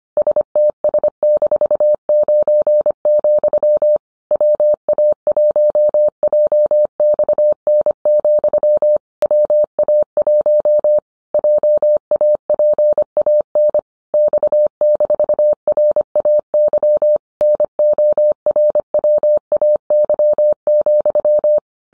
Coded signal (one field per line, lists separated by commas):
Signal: Morse code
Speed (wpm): 25 wpm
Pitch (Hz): 600 Hz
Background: none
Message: STS-9, WA1JXN, WA1 JAPAN X-RAY NORWAY,